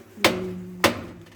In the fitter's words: ये लॉक हो गया, ठीक है।